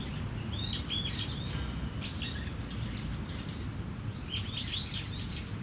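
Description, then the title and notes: Starling giving a busy run of chattering chirps and whistles, backed by a continuous cricket tone and a rumbling urban background. Singing in a tree, Kiyosumi garden, Tokyo, Japan; crickets and cars around; recorded binaurally with DPA 4060 mics in a bag onto a Deity PR-2. "Kiyosumi garden, Tokyo, Japon - Starling in a tree. Starling singing in a tree, crickets, cars, helicopter, people passing by. Un étourneau chante dans un arbre"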